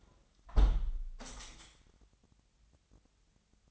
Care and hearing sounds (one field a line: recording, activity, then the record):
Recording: daily activity, microphone in the room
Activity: close window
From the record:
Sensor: 3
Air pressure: 998.0 hPa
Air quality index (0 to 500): 130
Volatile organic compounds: 4 ppm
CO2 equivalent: 1550 ppm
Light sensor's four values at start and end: 14/42/17/16 and 15/42/17/16